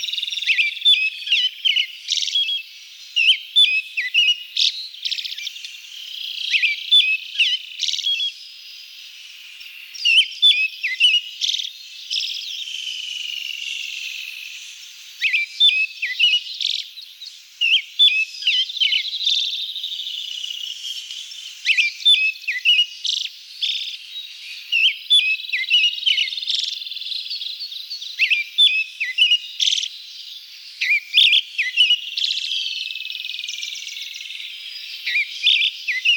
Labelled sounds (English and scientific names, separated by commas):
Pale Thrush (Turdus pallidus) song